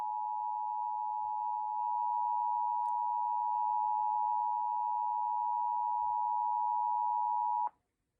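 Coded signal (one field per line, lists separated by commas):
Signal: Emergency Alert System (SAME) tones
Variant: 853 and 960 Hz attention tone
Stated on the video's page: Child Abduction Emergency alert received on an FM station at 107.3 MHz.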